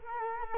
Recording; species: mosquito wingbeat signal from an infrared sensor; Culex quinquefasciatus